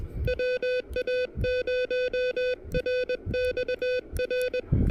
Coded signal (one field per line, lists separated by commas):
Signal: Morse code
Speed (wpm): 22 wpm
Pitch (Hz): 500 Hz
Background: music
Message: WA0RXR